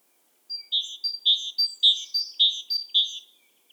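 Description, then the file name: Great tit call: a steady rhythmic string of about five paired notes, a thin high whistle then a lower buzzy chirp, repeated roughly every half second. "Parus major"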